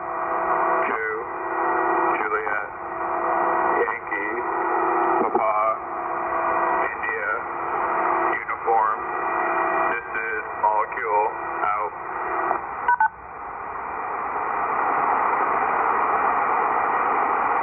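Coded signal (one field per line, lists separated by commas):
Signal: coded military voice message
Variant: Emergency Action Message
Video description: US Military EAM Emergency Action Message transmission heard in NJ USA. 1/25/2023, 8.992 Mhz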